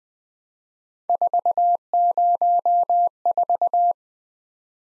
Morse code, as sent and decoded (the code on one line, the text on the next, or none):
....- ----- ....-
404